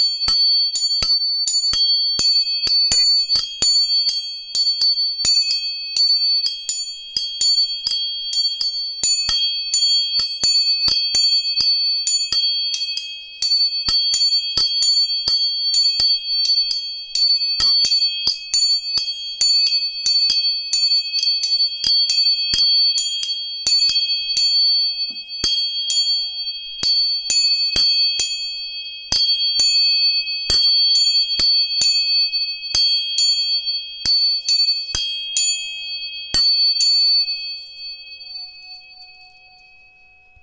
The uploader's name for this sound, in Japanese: 音叉チューニング3本